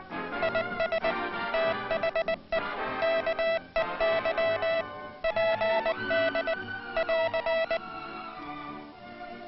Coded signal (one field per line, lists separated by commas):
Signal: Morse code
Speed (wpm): 20 wpm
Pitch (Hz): 660 Hz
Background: music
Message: IS THE KEY PD <AR>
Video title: International Morse Code, Hand Sending